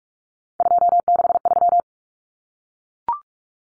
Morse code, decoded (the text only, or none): 263